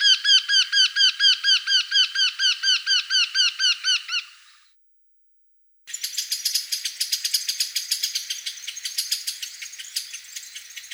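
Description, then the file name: Eurasian wryneck calling a fast series of nasal, ringing notes that rise and fall; after a pause, a different dry, rattling series follows. Recorded in Russia. "Pticy Rossii - Vertishejka Jynx torquilla"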